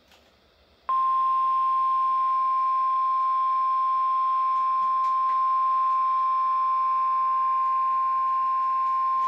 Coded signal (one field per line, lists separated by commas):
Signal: Emergency Alert System (SAME) tones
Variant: 1050 Hz attention tone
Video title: Required Weekly Test KXI79 10/21/20 (EAS #90)